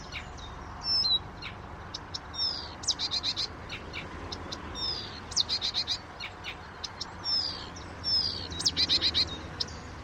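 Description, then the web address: Blyth's reed warbler pouring out rapid ticking runs and chattering trills, phrases grouped into bursts separated by brief pauses. "chant didier collin rousserolle des buissons"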